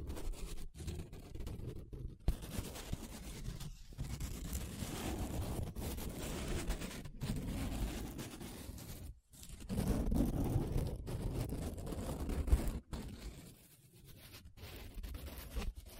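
Paper being rubbed and scratched in continuous strokes, a rough, dense rustle weighted toward the low end. The strokes run a second or two each, separated by brief silent breaks, with a louder stretch around ten to twelve seconds and softer rubbing at the end.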